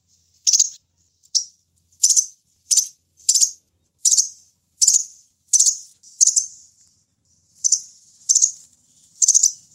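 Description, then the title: Sunbird chirps: many short, high, slightly rasping chips repeated with brief silences between, some trailing into a faint thin hiss. "kicau kolibri"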